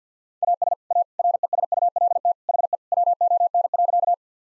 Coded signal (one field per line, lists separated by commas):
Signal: Morse code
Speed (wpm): 50 wpm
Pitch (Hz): 700 Hz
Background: none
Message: AS A RESULT HE WON.